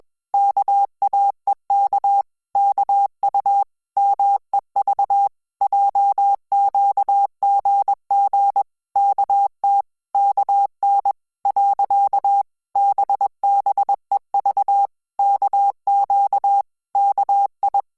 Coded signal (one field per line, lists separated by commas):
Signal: Morse code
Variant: Korean alphabet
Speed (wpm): 21 wpm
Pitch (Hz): 800 Hz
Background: none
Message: 왕 이 말 했 어 요 . 딸 애 야